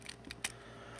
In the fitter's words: and then it locks into place